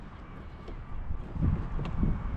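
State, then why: Not seated. An antenna is handled onto a Railblazer rail-mounted accessory base at the back of a Polycraft 300 Tuffy boat, to be twisted or pushed until it locks. Low rumbling handling and wind-like noise grow louder through the clip, with a brief sharp sound near 1.9 s. Nothing has seated or clicked yet.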